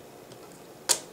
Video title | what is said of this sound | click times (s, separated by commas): Installing New Ram onto the Mac Mini(500GB) | locked it in place | 0.9 s